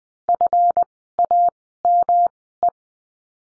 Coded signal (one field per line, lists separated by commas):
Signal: Morse code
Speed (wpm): 20 wpm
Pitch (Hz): 700 Hz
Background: none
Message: FAME